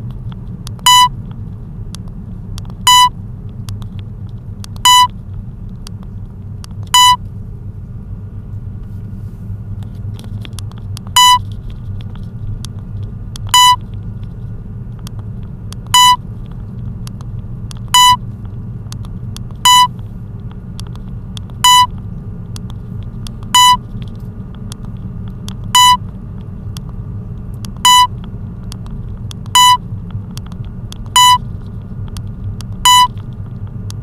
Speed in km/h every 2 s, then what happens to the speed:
23, 22, 21, 23, 23, 24, 26, 25, 23, 19, 19, 20, 20, 18, 17, 17, 17.
0-13 steady at about 23. 13-18 slows to 19. 18-34 steady at about 18.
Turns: none.